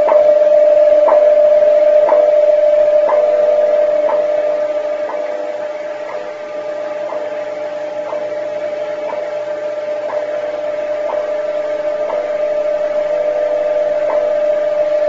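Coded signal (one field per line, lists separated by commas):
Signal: radio time signal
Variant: WWV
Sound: steady mid-pitched tone with a short click every second over shortwave hiss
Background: radio static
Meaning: Each tick marks one second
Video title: January 21, 1972 video of WWV time signal (shortwave radio)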